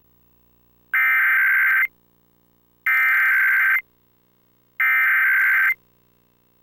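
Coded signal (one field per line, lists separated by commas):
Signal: Emergency Alert System (SAME) tones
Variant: header bursts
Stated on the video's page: Required Monthly Test broadcast on Maryland Public Television station WMPB, followed by an EASyCAP test that ends abruptly.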